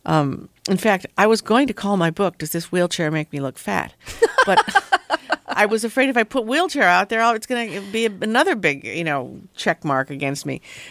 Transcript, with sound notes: In fact, I was going to call my book, "Does This Wheelchair Make Me Look Fat?"
(Laughter).
But I was afraid if I put wheelchair out there, oh, it's going to be another big, you know, check mark against me.